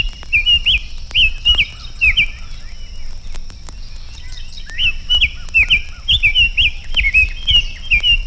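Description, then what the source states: Summer Tanager singing two bursts of smooth, connected whistled phrases separated by a pause, with a steady high tone in the background. Song flows more smoothly than a robin's, with more definite song patterns.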